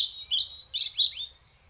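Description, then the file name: European robin song phrase: thin, high warbling notes that waver and slur up and down, ending in a short falling twitter over quiet background. "Erithacus rubecula"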